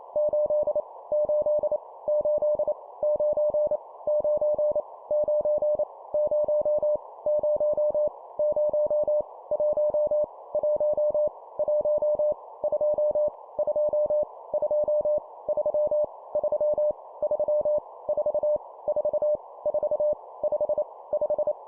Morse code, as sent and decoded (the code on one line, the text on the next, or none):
---.. / ---.. / ---.. / ----. / ----. / ----. / ----- / ----- / ----- / .---- / .---- / .---- / ..--- / ..--- / ..--- / ...-- / ...-- / ...-- / ....- / ....- / ....- / ..... / .....
8 8 8 9 9 9 0 0 0 1 1 1 2 2 2 3 3 3 4 4 4 5 5